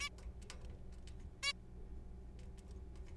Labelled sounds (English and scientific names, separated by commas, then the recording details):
Zebra Finch (Taeniopygia guttata)
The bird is a juvenile
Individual R3428